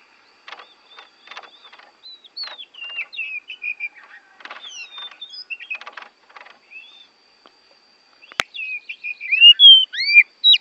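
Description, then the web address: Oriental magpie-robin song: soft scattered notes and clicks at first, building to loud clear whistled slurs in the final seconds, with one sharp click shortly before them. Borneo; used as masteran, for training songbirds. "kacer borneo. masteran kacer"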